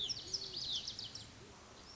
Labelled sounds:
Lazuli Bunting (Passerina amoena)
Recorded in Sonoma County, California

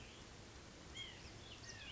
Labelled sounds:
White-breasted Nuthatch (Sitta carolinensis)
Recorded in Sonoma County, California

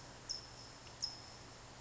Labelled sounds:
California Towhee (Melozone crissalis)
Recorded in Sonoma County, California

